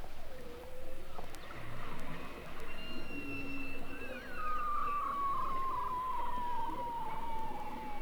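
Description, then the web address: Beluga whale whistles: a faint low tone, then a long clear whistle gliding slowly downward over several seconds, with fainter overlapping whistles and steady underwater hiss. Several belugas recorded in the Arctic. "Avant Garde Project Whale Arctic Belugas"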